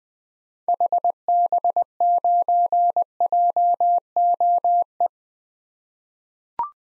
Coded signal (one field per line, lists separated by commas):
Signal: Morse code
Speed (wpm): 20 wpm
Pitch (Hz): 700 Hz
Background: none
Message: HB9JOE